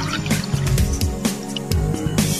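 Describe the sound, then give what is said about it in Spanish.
Water drips from a tap in a steady run of sharp, splashy drops about every half second, each with a short hollow plop over a low watery hum, with no talking. “Cierra bien los grifos, pues una gota por segundo se convierte en 30 litros al día.”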